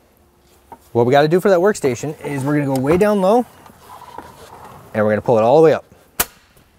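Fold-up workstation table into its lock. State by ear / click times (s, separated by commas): seated / 6.2 s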